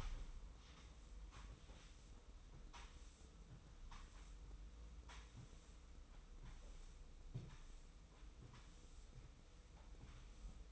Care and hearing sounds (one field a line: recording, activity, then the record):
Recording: daily activity, microphone in the room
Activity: sweep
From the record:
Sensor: 1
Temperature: 25.3 degrees Celsius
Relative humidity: 44.0%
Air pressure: 990.5 hPa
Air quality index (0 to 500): 177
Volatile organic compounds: 1000 ppm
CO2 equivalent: 6527 ppm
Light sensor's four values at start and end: 26/61/26/28 and 27/63/27/29